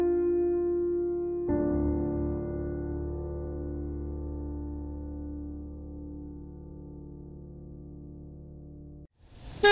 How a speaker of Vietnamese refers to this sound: Sau khi kết thúc công việc một tuần trên tỉnh thì ông Tâm và Tuấn đã trở về nhà. Tiếng còi xe hơi trước cửa đã làm cho má con bà Tâm rung lên, liền lính quýnh chạy nhanh ra đón.